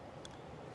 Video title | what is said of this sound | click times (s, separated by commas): DRAFT Tactical Upgrade: Mounting a Viper Red Dot on My Beretta 1301 | There you go, so it's a very light click on that one. | 0.2 s